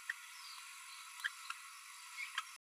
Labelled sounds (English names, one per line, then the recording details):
Green-rumped Parrotlet babbling
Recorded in a nest box in Venezuela
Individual 18B12A2